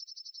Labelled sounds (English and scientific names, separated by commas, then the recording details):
Yellowhammer (Emberiza citrinella) song
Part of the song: start
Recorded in the Czech Republic on 12 July 2013
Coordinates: 50.795, 14.316
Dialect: BE
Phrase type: B47
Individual 316614